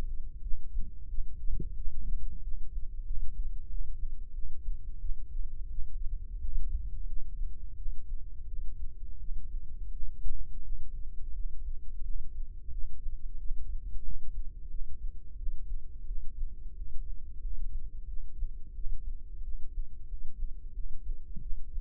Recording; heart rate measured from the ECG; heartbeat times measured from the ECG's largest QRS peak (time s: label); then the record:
heart sounds by microphone in the right ear; 89 bpm
0.41 s: heartbeat
1.08 s: heartbeat
1.75 s: heartbeat
2.41 s: heartbeat
3.05 s: heartbeat
3.68 s: heartbeat
4.32 s: heartbeat
4.98 s: heartbeat
5.68 s: heartbeat
6.39 s: heartbeat
7.05 s: heartbeat
7.75 s: heartbeat
8.46 s: heartbeat
9.18 s: heartbeat
9.90 s: heartbeat
10.61 s: heartbeat
11.32 s: heartbeat
12.02 s: heartbeat
12.70 s: heartbeat
13.37 s: heartbeat
14.02 s: heartbeat
14.68 s: heartbeat
15.35 s: heartbeat
16.04 s: heartbeat
16.74 s: heartbeat
17.39 s: heartbeat
18.05 s: heartbeat
18.73 s: heartbeat
19.41 s: heartbeat
20.06 s: heartbeat
20.72 s: heartbeat
21.39 s: heartbeat
From the record:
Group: healthy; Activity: cold pressor test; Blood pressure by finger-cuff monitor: 107/71 mmHg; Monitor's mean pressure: 84 mmHg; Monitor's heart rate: 88 bpm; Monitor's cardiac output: 7.7 L/min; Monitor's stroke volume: 86 mL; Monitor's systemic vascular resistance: 790 dyn s/cm5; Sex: female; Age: 19 years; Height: 163 cm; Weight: 51 kg